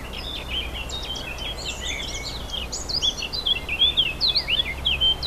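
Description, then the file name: Warbler song with dense, scratchy twittering at first, then clearer sweeping whistled notes that grow louder toward the end. Warblers recorded 4 May 2011 with an MZ-N710 recorder. "mz-n 710 fauvettes 4 05 11"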